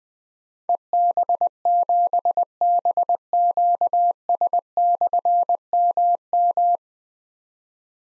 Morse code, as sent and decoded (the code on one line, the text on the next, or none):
. -... --... -... --.- ... -..-. -- --
EB7BQS/MM